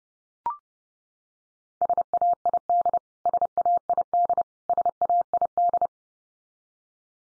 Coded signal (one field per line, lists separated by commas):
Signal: Morse code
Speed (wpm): 30 wpm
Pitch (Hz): 700 Hz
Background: none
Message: SAID SAID SAID